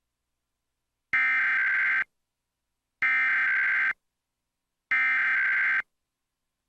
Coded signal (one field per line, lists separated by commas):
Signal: Emergency Alert System (SAME) tones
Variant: header bursts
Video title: Comcast Emergency Alert System - Required Monthly Test (July 26, 2023) (REUPLOAD)